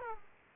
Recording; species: mosquito wingbeat signal from an infrared sensor; Aedes aegypti